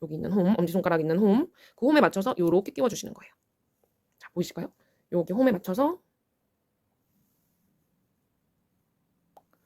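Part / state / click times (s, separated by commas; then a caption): buttonhole presser foot onto sewing machine presser foot holder / seated / 9.4 s, 9.5 s. Someone talks while lining up the notch on a buttonhole presser foot with the groove on the foot holder of a Janome DC7100 sewing machine. After a few quiet seconds, the foot is pressed on and two short, faint clicks sound at 9.4 and 9.5 seconds as it snaps into place on the holder, seated.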